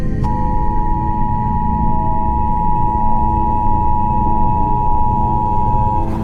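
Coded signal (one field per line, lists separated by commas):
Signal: Emergency Alert System (SAME) tones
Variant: 853 and 960 Hz attention tone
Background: music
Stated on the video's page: Simulated EAS tones with valid tones in a fictional scenario.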